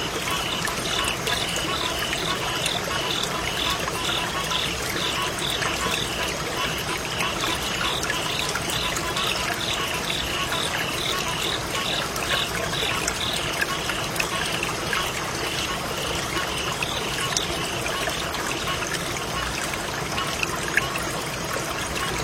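A quiet river trickles and gurgles steadily throughout, a dense, even wash of water sound. Over it, frogs and insects call in a rapid, regular pulsing chirr that repeats without pause, bright and high, with occasional sharper clicks here and there.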